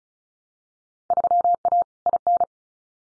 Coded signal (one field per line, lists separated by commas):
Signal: Morse code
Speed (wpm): 34 wpm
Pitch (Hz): 700 Hz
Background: none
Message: 3A IN